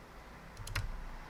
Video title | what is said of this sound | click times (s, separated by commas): 즐거운 토타르 컴퓨터 조립 교실(메인보드편) | 이렇게 딱 소리가 날 때까지 눌러줍니다 그리고 렇게 | 0.8 s